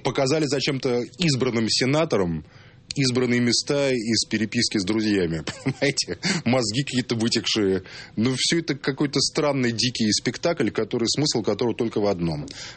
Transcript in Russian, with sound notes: Показали зачем-то избранным сенаторам избранные места из переписки с друзьями. Понимаете?. (Смеётся) Мозги какие-то вытекшие. – Ну, всё это какой-то странный, дикий спектакль, смысл которого только в одном: